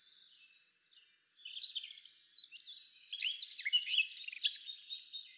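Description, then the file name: Eurasian blackcap in a soft, rambling warble of high twittering notes, quiet at first and then louder and denser. "Sylvia atricapilla"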